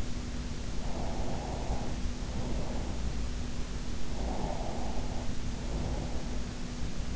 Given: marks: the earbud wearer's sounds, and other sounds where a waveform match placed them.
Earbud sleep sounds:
sounds in sleep by an in-ear microphone; breath
0.82-2.98 s: breath
4.14-6.31 s: breath

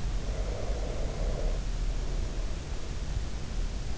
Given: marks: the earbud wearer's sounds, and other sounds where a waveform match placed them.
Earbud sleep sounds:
sounds in sleep by an in-ear microphone; breath
0.00-3.58 s: breath

